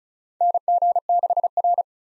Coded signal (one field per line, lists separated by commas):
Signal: Morse code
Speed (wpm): 34 wpm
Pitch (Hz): 700 Hz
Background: none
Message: NG6R